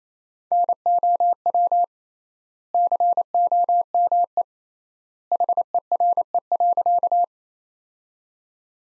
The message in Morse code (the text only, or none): NOW COME HERE.